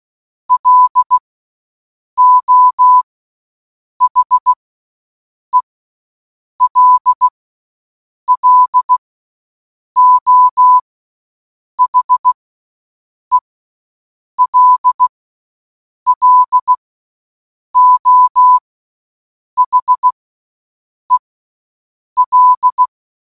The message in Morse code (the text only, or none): LO HELLO HELLO HEL